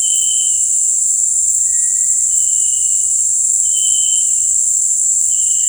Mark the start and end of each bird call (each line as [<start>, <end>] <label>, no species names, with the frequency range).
[1.62, 2.30] bird call (1.6-2.3 kHz)